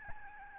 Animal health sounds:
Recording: mosquito wingbeat signal from an infrared sensor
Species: Aedes albopictus

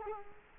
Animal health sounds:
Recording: mosquito wingbeat signal from an infrared sensor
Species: Culex quinquefasciatus

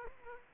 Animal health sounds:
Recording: mosquito wingbeat signal from an infrared sensor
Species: Aedes aegypti

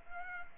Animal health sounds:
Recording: mosquito wingbeat signal from an infrared sensor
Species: Culex pipiens

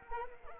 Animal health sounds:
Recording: mosquito wingbeat signal from an infrared sensor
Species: Anopheles arabiensis

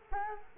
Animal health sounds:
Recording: mosquito wingbeat signal from an infrared sensor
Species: Culex quinquefasciatus

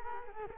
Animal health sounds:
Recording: mosquito wingbeat signal from an infrared sensor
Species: Culex quinquefasciatus

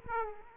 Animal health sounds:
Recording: mosquito wingbeat signal from an infrared sensor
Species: Aedes aegypti

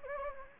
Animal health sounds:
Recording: mosquito wingbeat signal from an infrared sensor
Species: Anopheles gambiae

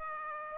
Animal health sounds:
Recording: mosquito wingbeat signal from an infrared sensor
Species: Aedes aegypti

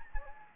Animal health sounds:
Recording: mosquito wingbeat signal from an infrared sensor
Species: Anopheles gambiae

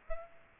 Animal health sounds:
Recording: mosquito wingbeat signal from an infrared sensor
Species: Aedes aegypti

